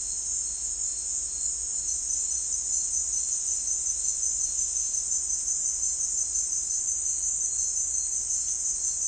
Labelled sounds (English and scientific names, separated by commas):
none